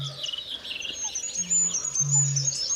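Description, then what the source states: Goldcrest giving very high, thin calls over an intermittent low hum. Heard outdoors by Lake Tåkern on a cold, frosty morning with frost on the grass and sun over Omberg; its voice is noted as high and bright.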